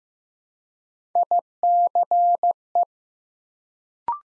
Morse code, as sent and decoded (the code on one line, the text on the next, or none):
.. -.-. .
ICE